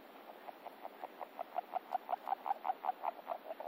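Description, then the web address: Agile frog call: a rapid series of soft knocking notes, growing louder through the middle and easing toward the end, over faint steady hiss. Recorded in France. "amphibians-in-france Agile frog"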